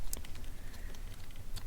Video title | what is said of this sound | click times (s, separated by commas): Important! Alfa Romeo Giulia/Stelvio SGW Bypass Plug (2018+) | Make sure it's slid all the way in and the tab clicks. | 0.1 s